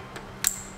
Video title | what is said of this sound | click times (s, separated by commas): TKI CNC Belt Drive Install Ski Doo G4 850 | and you can hear that click to know that it uh everything is is | 0.5 s